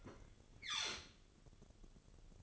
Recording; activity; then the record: daily activity, microphone in the room; open fridge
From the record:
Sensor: 4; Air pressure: 1008.6 hPa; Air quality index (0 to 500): 75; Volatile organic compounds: 1 ppm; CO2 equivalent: 634 ppm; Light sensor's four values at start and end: 12/27/11/11 and 12/28/11/11